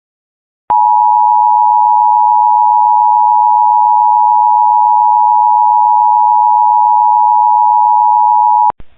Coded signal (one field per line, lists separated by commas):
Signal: Emergency Alert System (SAME) tones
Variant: 853 and 960 Hz attention tone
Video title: Another Round Of Tests Tuesday (EAS #26029-26057) 4/15/25